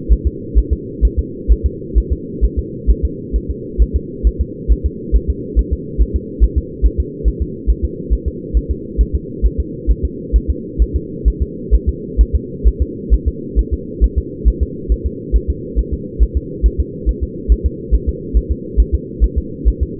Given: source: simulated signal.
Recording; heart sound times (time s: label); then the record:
fetal heart sounds
0.13 s: S1
0.27 s: S2
0.58 s: S1
0.73 s: S2
1.05 s: S1
1.19 s: S2
1.52 s: S1
1.66 s: S2
1.98 s: S1
2.13 s: S2
2.44 s: S1
2.59 s: S2
2.91 s: S1
3.05 s: S2
3.36 s: S1
3.50 s: S2
3.82 s: S1
3.96 s: S2
4.27 s: S1
4.41 s: S2
4.72 s: S1
4.86 s: S2
5.16 s: S1
5.30 s: S2
5.59 s: S1
5.73 s: S2
6.01 s: S1
6.16 s: S2
6.44 s: S1
6.58 s: S2
6.86 s: S1
7.00 s: S2
7.28 s: S1
7.42 s: S2
7.70 s: S1
7.85 s: S2
8.13 s: S1
8.28 s: S2
8.57 s: S1
8.71 s: S2
9.01 s: S1
9.15 s: S2
9.46 s: S1
9.60 s: S2
9.91 s: S1
10.05 s: S2
10.36 s: S1
10.50 s: S2
10.82 s: S1
10.96 s: S2
11.28 s: S1
11.42 s: S2
11.75 s: S1
11.89 s: S2
12.21 s: S1
12.35 s: S2
12.68 s: S1
12.82 s: S2
13.14 s: S1
13.28 s: S2
13.59 s: S1
13.73 s: S2
14.04 s: S1
14.18 s: S2
14.48 s: S1
14.63 s: S2
14.92 s: S1
15.06 s: S2
15.36 s: S1
15.50 s: S2
15.79 s: S1
15.94 s: S2
16.23 s: S1
16.37 s: S2
16.66 s: S1
16.80 s: S2
17.09 s: S1
17.23 s: S2
17.52 s: S1
17.66 s: S2
17.95 s: S1
18.09 s: S2
18.37 s: S1
18.52 s: S2
18.80 s: S1
18.95 s: S2
19.24 s: S1
19.38 s: S2
19.68 s: S1
19.83 s: S2
From the record:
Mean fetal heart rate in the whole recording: 135 bpm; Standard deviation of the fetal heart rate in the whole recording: 3 bpm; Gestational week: 34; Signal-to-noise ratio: -4.1 dB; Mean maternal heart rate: no maternal heart sound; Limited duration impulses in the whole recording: absent